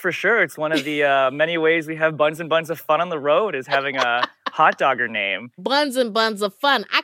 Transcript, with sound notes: For sure. It's one of the many ways we have buns and buns of fun on the road is having a... (Laughter) ...Hotdogger name.
Buns and buns of fun.